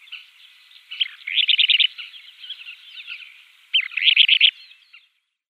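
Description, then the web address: Kentish plover display calls: two fast, buzzy rattling trills, with quieter chattering notes between them. A pair in flight display. "Schulze Peter Kentish Plover pair flightdisplay"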